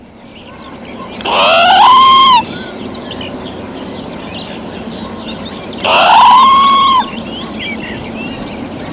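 Red squirrel calling twice, each call a rough burst sliding up into a level, whining tone lasting about a second, with twittering birds in the background.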